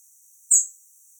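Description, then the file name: European robin call, a single short, very high, thin note. "Erithacus rubecula"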